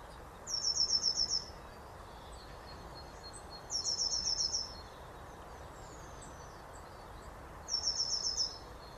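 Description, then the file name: Eurasian blue tit repeating a brief, high, rapid trill three times, roughly every three to four seconds, over a constant low rushing background. "Cyanistes caeruleus"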